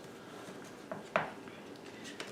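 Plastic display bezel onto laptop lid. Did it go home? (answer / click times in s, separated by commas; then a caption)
no / none. The lower edge of a plastic display bezel is pressed onto the lid of a Framework 13 laptop, giving a few short plastic taps near 0.9, 1.2 and 2.2 seconds over a quiet background. The bottom edge does not click into place, and nothing has seated or clicked yet.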